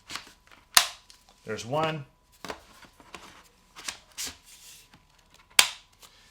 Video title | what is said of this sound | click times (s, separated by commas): DJI Inspire 2 - Unbox, Initial Thoughts (CineSSD, License Keys, etc) | should get like a positive click or something there's | 0.8 s